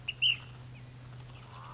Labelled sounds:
Ash-throated Flycatcher

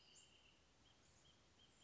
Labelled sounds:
Wrentit

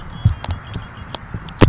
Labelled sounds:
Red-winged Blackbird

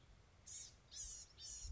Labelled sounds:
Blue-gray Gnatcatcher

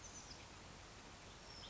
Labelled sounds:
Oak Titmouse

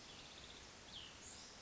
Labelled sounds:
Cassin's Vireo

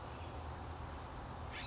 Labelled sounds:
California Towhee

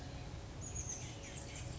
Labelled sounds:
Chestnut-backed Chickadee

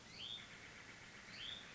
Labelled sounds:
Hutton's Vireo

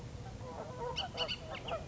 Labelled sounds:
Bullock's Oriole

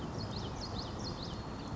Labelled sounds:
Common Yellowthroat

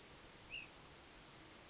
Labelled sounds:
Ash-throated Flycatcher

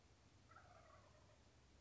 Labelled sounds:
Wild Turkey

